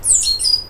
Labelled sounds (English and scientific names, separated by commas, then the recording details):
Stitchbird (Notiomystis cincta) song
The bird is a male
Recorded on Tiritiri Matangi Island, New Zealand, in 2005
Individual 12, of nest box 16